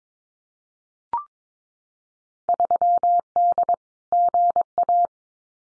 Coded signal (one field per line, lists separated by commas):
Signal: Morse code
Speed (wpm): 22 wpm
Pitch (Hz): 700 Hz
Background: none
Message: 3D GA